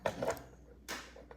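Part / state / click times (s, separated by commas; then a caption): detachable magazine into bolt-action rifle magazine well / seated / 0.1 s. A Magpul polymer detachable magazine, its extra wings ground down with a Dremel tool, is inserted into the magazine well of a Savage Axis bolt-action rifle and snaps into place with a sharp click at 0.1 s. Lighter clicks and rattles follow, then a broad noisy burst near 0.9 s and a small tick at 1.3 s. The magazine seats and fits properly.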